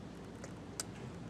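A power cable plug is twisted back and forth until its dots line up with the pins, then pushed into the power port of a Pocket Cinema 4K camera fitted with a Tilta cage. Over a steady low background, a faint tick at 0.4 s comes before one sharp, bright click at 0.8 s as the connector seats.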